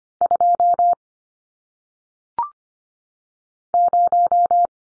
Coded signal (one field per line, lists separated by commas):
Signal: Morse code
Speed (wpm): 25 wpm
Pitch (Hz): 700 Hz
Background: none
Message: 2 0